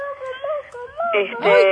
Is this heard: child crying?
yes